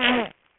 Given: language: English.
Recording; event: throat vibration sensor signal played as sound; throat clearing